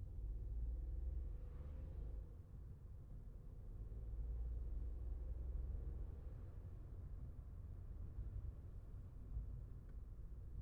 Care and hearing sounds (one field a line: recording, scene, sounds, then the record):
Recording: everyday scene through a hearing-aid microphone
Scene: in a vehicle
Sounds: engine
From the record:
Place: Skoda Fabia, gasoline engine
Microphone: behind the ear, left, front